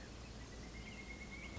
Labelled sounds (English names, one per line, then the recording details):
Pileated Woodpecker
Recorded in Sonoma County, California